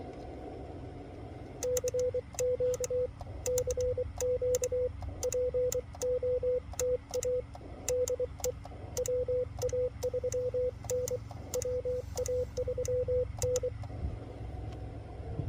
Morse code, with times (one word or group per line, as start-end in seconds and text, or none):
1.6-3.1 CQ
3.5-4.9 CQ
5.2-7.4 POTA
7.9-8.5 DE
9.0-11.2 WA3N
11.5-13.7 WA3N